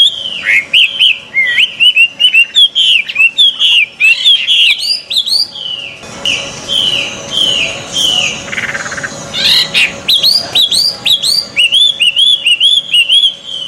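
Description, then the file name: Chinese hwamei delivering loud, fast, varied whistled phrases with sharp high accents, continuing almost without pause throughout, with a faint hum behind. Song at a bird gathering. "audio-gathering-hwamei omkicau"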